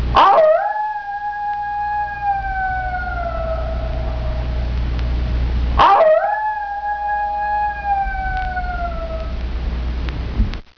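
Coyote howls: two long tones, each opening with a sharp rising yelp, then holding steady and sliding slowly downward for about four seconds, roughly five seconds apart, over a steady low rumble.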